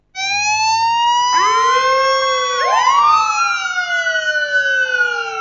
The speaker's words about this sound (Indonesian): Wah, ada yang meninggal. Mobil jenazah lewat. Iya. Itu kalau nggak salah mobil jenazah Mahatahfiz Al-Quran Darussunnah. Ada mobil ambulan juga nih. Berarti orang sakit.